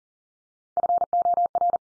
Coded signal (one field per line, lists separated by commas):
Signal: Morse code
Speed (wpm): 40 wpm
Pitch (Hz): 700 Hz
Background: none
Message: FOR